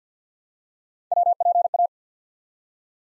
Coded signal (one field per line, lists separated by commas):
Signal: Morse code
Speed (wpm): 48 wpm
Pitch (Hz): 700 Hz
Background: none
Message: WPA